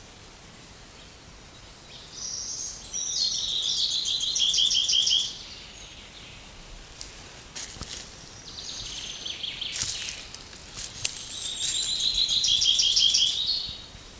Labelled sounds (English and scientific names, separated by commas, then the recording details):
Common Chaffinch (Fringilla coelebs)
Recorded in the wild
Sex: male
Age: adult
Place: Mühlenbecker See, Brandenburg, DE
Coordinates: 52.6897, 13.395
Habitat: lake
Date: 1983-07-02 12:05
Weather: sunny, 16-20 °C
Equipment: Nagra SN, Kopie Uher 4000 Monitor Report
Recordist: Tembrock, Günter